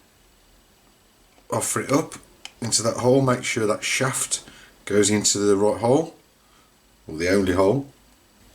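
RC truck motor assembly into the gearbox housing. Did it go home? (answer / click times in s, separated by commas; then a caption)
no / none. A twin-motor assembly for a Tamiya TXT-2 Agrios RC truck is offered up to its plastic gearbox housing, with its shaft lined up into the hole, while someone talks in bursts throughout the clip. Nothing has seated or clicked yet; the motor assembly is not yet home in the gearbox.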